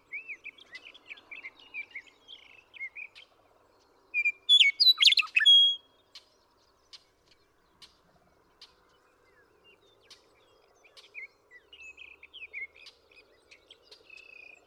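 Western meadowlark song: one loud burst of flutey whistles breaking into a gurgling warble near the middle, with soft, high chirps before and after.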